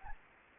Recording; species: mosquito wingbeat signal from an infrared sensor; Anopheles gambiae